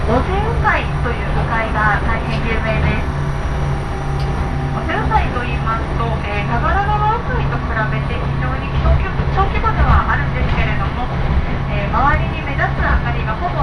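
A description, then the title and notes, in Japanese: Recorded inside a local railway train, with a steady low engine drone and rumble running underneath the whole time. Several passengers chat almost continuously, their voices overlapping, while the overall level stays even with no sharp events. 耳で楽しむ鉄道旅 長良川鉄道 ながら２号 美濃市→美濃太田。美濃市からも快速運転で走るので関と富加にのみ停車します。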